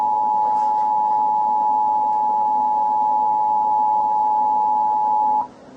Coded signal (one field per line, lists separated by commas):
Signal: Emergency Alert System (SAME) tones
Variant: 853 and 960 Hz attention tone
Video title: EAS Scenario: DO NOT FALL A SLEEP: 🛌 😴 💤 (CIVIL DANGER WARNING.)